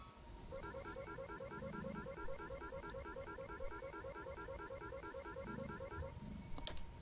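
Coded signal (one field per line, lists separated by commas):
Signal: none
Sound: game alert beeps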